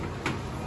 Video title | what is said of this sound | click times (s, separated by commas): 2021 Wildwood 24RLXL Stock# 12752 | holds back locks into place | 0.3 s